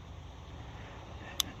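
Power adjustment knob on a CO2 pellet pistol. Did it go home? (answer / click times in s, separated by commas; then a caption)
yes / 1.4 s. A power adjustment knob on a CO2 pellet pistol is turned over a low background hum, giving one short, sharp click at 1.4 s. The knob has seated in the high-power position.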